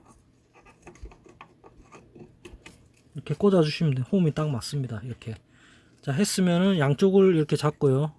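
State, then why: Not seated. A memory module is lined up with the motherboard DIMM slot key, where one side is shorter, and set into the slot before being pressed home. Faint scraping and tapping handling noises come through in the first three seconds, and then someone talks. Nothing has seated or clicked yet.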